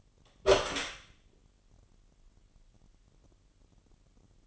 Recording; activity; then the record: daily activity, microphone in the room; open door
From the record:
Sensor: 4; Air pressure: 999.2 hPa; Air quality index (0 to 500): 115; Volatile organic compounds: 2 ppm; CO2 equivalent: 1134 ppm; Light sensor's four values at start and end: 13/30/12/13 and 13/33/13/14